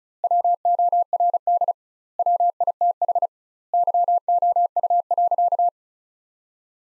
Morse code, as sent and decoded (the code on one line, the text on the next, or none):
.-- --- .-. -.. / .-- .. - .... / -.-- --- ..- .-.-.-
WORD WITH YOU.